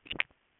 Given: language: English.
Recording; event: throat vibration sensor signal played as sound; swallow